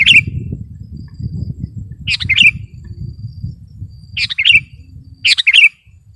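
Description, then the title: Sooty-headed bulbul song: short bubbly chirping phrases of three or four quick notes, repeated four times, over a steady low rumbling background noise. "kutilang"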